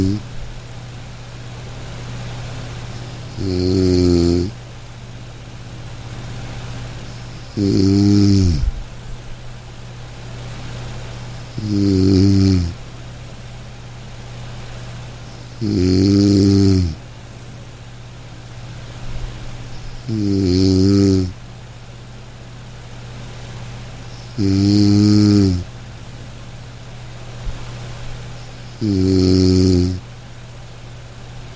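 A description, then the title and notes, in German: Gentle, rhythmic snoring repeats about every four seconds, each breath a low, rounded rumble lasting roughly a second. A steady low hum runs underneath the whole time, and the gaps between snores are quiet apart from faint noise. Entspannung mit dem Klang des Schnarchens. Das monotonale Brummen. Sanften und rhythmischen Geräuschen des Schnarchens.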